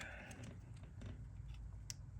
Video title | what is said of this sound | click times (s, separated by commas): FAILED EGT SENSOR on a 6.7 POWERSTROKE!! Don’t look the other way on this!! #fix #diesel #mechanic | hear that click good to go y'all that's it | 1.9 s